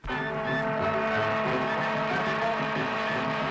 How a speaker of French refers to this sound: L'homme des grandes cités vit dans un déchaînement de vibrations sonores. Et pourtant, le bruit est un fléau. Isolé dans la rumeur de la circulation, le bruit d'un échappement de motocyclette ne produit pas le même effet sur une personne nerveuse